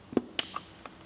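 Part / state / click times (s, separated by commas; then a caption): wiring harness plug into LED rear light cluster socket / seated / 0.4 s. A wiring harness plug is pushed into the socket on the back of an LED rear light cluster on a Smart 453 car. A lower thud at 0.2 s is followed by a sharp, bright click at 0.4 s as the plug seats and engages. Fainter ticks come at 0.6, 0.9 and 1.1 s.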